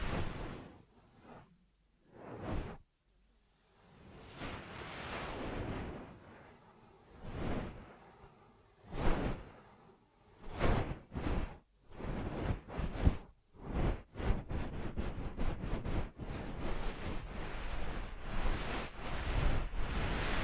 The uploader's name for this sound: Ear Massage Triggers